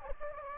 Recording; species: mosquito wingbeat signal from an infrared sensor; Anopheles gambiae